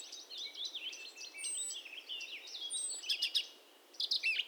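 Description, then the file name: Eurasian blackcap warbling in a jumble of chattering and whistled notes, with thin, high drawn-out whistles twice. "Sylvia atricapilla"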